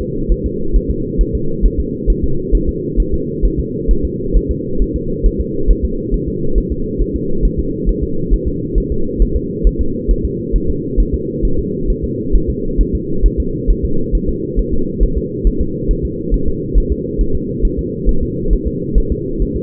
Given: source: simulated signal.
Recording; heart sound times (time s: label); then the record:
fetal heart sounds
0.01 s: S2
0.32 s: S1
0.46 s: S2
0.76 s: S1
0.91 s: S2
1.21 s: S1
1.35 s: S2
1.66 s: S1
1.80 s: S2
2.10 s: S1
2.24 s: S2
2.55 s: S1
2.69 s: S2
3.00 s: S1
3.14 s: S2
3.45 s: S1
3.59 s: S2
3.91 s: S1
4.05 s: S2
4.36 s: S1
4.51 s: S2
4.82 s: S1
4.96 s: S2
5.26 s: S1
5.41 s: S2
5.70 s: S1
5.85 s: S2
6.14 s: S1
6.28 s: S2
6.58 s: S1
6.72 s: S2
7.02 s: S1
7.16 s: S2
7.45 s: S1
7.59 s: S2
7.89 s: S1
8.03 s: S2
8.33 s: S1
8.48 s: S2
8.78 s: S1
8.92 s: S2
9.22 s: S1
9.36 s: S2
9.67 s: S1
9.81 s: S2
10.11 s: S1
10.25 s: S2
10.56 s: S1
10.70 s: S2
11.00 s: S1
11.14 s: S2
11.45 s: S1
11.59 s: S2
11.90 s: S1
12.04 s: S2
12.35 s: S1
12.50 s: S2
12.81 s: S1
12.95 s: S2
13.26 s: S1
13.40 s: S2
13.70 s: S1
13.85 s: S2
14.15 s: S1
14.29 s: S2
14.59 s: S1
14.73 s: S2
15.03 s: S1
15.17 s: S2
15.47 s: S1
15.61 s: S2
15.91 s: S1
16.05 s: S2
16.34 s: S1
16.48 s: S2
16.78 s: S1
16.92 s: S2
17.21 s: S1
17.35 s: S2
17.65 s: S1
17.79 s: S2
18.09 s: S1
18.23 s: S2
18.53 s: S1
18.67 s: S2
18.98 s: S1
19.12 s: S2
19.42 s: S1
19.57 s: S2
From the record:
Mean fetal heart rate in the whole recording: 135 bpm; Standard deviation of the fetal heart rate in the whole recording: 3 bpm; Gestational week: 36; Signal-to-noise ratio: -8.1 dB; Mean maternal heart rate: 72 bpm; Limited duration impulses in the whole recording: absent